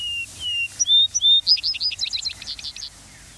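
Vesper sparrow song: a few clear, slurred whistled notes, then a quick series of rapid chirped trills that fade away at the end.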